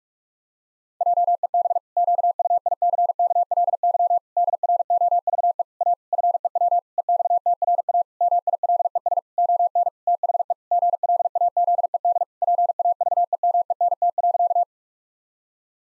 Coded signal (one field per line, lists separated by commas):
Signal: Morse code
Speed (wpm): 46 wpm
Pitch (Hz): 700 Hz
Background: none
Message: JEB QUICKLY DROVE A FEW EXTRA MILES ON THE GLAZED PAVEMENT.